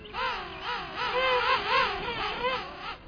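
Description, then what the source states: King penguin trumpeting: overlapping wavering, bugle-like notes from more than one bird, pulsing up and down steadily through the whole stretch. A pair standing face to face, tilting heads back, pointing bills skyward and trumpeting in unison.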